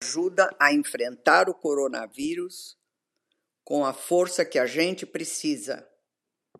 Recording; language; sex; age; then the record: spoken sentence; Brazilian Portuguese; female; 70 to 79 years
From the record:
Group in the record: control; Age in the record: 70 years